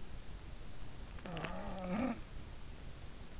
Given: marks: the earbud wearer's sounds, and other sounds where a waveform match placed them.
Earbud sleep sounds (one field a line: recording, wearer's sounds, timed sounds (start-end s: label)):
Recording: sounds in sleep by an in-ear microphone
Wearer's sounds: snoring breath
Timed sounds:
0.68-3.25 s: snoring breath